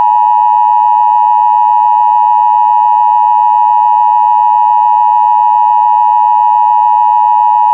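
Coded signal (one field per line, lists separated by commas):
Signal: Emergency Alert System (SAME) tones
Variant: 853 and 960 Hz attention tone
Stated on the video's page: Mock EAS alert, a fictional scenario that uses valid SAME tones.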